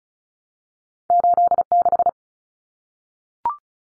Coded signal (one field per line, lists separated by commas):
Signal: Morse code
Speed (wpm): 34 wpm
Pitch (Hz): 700 Hz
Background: none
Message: 86